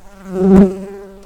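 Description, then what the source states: Brown-banded carder bee buzzing, a low steady hum that swells louder midway, then fades back to a softer drone. Worker bumblebees.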